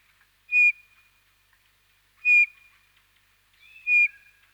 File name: Jean C Roch Pierre Palengat - Hiver bouvreuil pivoine